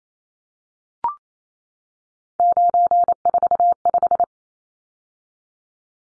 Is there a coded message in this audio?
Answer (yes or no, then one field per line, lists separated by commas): yes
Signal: Morse code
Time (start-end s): 2.4-4.2 s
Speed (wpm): 28 wpm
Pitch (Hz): 700 Hz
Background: none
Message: 945